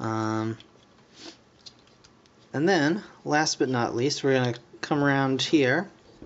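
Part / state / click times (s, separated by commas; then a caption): plastic arm joint into the action figure's shoulder / not seated / none. Someone talks while handling a plastic action figure during its transformation to beast mode, reaching for the plastic arm joint that pulls out and locks into the figure's shoulder. Between the speech there are a few faint handling ticks and light knocks. Nothing has seated or clicked yet.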